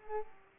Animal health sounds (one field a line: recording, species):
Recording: mosquito wingbeat signal from an infrared sensor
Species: Culex pipiens